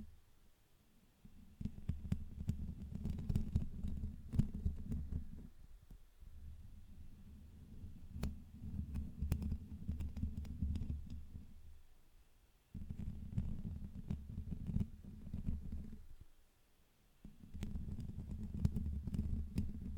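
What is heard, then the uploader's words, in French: Intense scratching on a microphone, heard as a low, rumbling rub in bursts of several seconds with short pauses between, around 1.5–5, 6.5–12.5, 13–16 and 17.5–20 seconds. Sharp clicks and ticks scatter through each burst. Gratouilles intenses (scratching micro).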